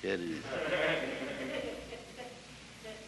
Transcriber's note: laughter